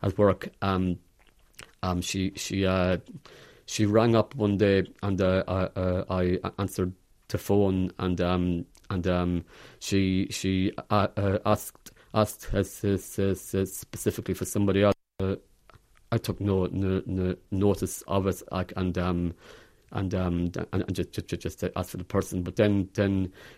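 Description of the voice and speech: Low-pitched adult male voice, a laboratory worker who stammers quite badly on the phone at work, telling a story with frequent part-word and whole-word repetitions ("she… she", "no… no… no", "just… just"), stretched fillers and long silent blocks. The pattern is stuttering with marked disfluency in connected speech.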